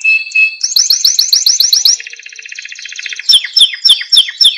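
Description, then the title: Canary singing a steady trill, then a string of rising upslurred notes, a buzzy rattling roll, and a run of sharp descending chips. Canary singing actively with full fills (gacor full isian), used as a tutoring track (masteran) for cage birds. "Masteran Kenari Gacor Full Isian Untuk Lovebird, Murai Batu, Kenari, Cucak Ijo"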